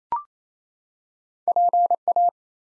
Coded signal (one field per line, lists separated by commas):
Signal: Morse code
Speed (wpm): 28 wpm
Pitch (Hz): 700 Hz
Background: none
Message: PA